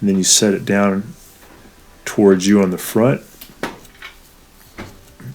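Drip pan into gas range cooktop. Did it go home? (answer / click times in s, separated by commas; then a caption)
yes / 3.6 s. A metal drip pan is set back onto a gas range cooktop, its back tab going in first and then the front set down toward the person. Someone talks, and a sharp metallic click at 3.6 s marks the drip pan seating into place. Softer knocks follow.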